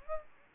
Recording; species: mosquito wingbeat signal from an infrared sensor; Aedes aegypti